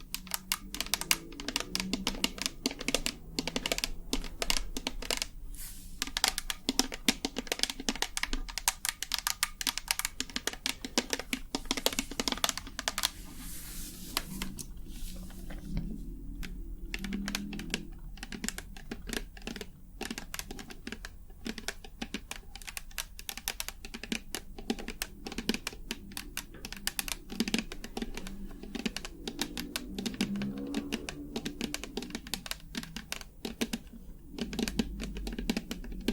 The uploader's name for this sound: Tapping